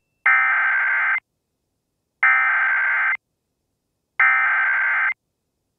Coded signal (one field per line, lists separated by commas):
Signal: Emergency Alert System (SAME) tones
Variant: header bursts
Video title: EAS Mock: The Night Chicago Died